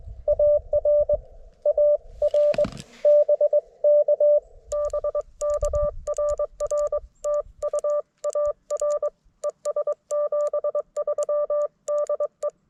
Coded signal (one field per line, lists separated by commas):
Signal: Morse code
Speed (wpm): 22 wpm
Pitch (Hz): 590 Hz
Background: none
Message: AR AR BK BK RR TU AR ES 73 DE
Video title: QRP with lousy band conditions? Let's give it a shot!